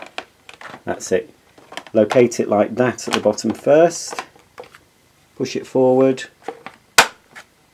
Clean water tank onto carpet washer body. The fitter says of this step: and then you can see it's obviously clicked into place